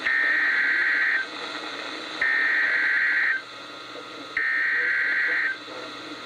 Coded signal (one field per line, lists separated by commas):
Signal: Emergency Alert System (SAME) tones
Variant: header bursts